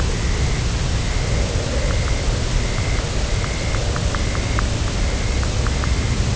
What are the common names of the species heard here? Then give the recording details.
Dunlin. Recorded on Arctic tundra, site UTQI-0, on 11 June 2019. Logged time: 08:00